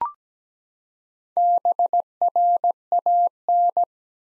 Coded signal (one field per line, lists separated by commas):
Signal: Morse code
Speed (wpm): 17 wpm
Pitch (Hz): 700 Hz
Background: none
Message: BRAN